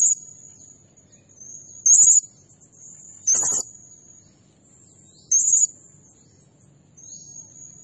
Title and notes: Burung Serindit Nembak Gacor Bikin Emosi Semua Burung. Suara Nasteran Dan Pemikat Burung Serinditan Gacor